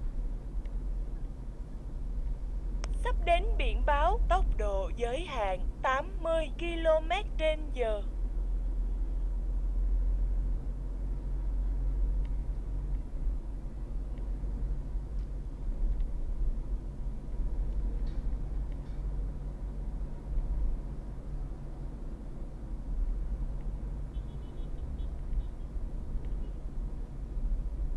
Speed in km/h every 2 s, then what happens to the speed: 48, 50, 50, 49, 50, 53, 53, 54, 54, 56, 55, 55, 55, 55.
0-28 steady at about 53.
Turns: none.